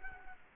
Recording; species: mosquito wingbeat signal from an infrared sensor; Culex quinquefasciatus